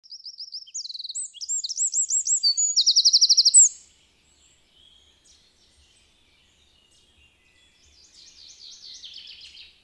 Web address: agykontroll Madardalok Cd 1. Ökörszem